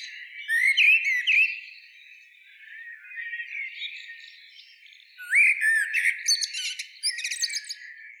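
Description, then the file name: Common blackbird delivering soft fluted notes near the start, then a rising whistle and a run of thin high twitters in the second half. "Turdus merula"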